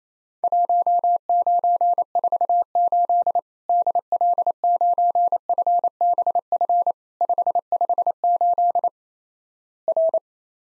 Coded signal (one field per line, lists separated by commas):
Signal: Morse code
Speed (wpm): 28 wpm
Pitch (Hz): 700 Hz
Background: none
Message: 1948 DL9FBF 558 R